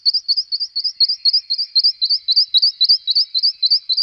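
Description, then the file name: Western rock nuthatch call: a fast, regular series of loud high upslurred notes, about four per second, continuing steadily throughout. "brhlík skalní"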